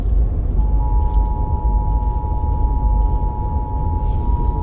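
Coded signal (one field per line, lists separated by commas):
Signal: Emergency Alert System (SAME) tones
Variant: 853 and 960 Hz attention tone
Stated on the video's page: Nevada's EAS Required Monthly Test received in a car.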